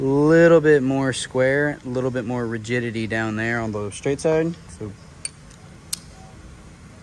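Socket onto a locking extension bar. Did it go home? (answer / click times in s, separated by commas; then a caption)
yes / 5.9 s. Someone talks, then a steel socket is pushed onto a locking wobble extension bar and its detent latches with a sharp click at 5.9 s. The socket locks in place on the extension. A fainter tick comes just before at 5.3 s.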